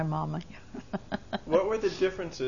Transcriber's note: she laughs